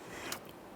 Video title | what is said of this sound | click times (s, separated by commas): How to Replace Neutral Safety Switch 2007-2013 Acura MDX 3.7L V6 | press the Locking tab all the way down until you hear a click | 0.3 s